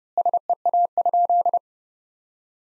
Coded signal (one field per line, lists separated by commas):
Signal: Morse code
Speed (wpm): 30 wpm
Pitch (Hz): 700 Hz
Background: none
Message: SEA?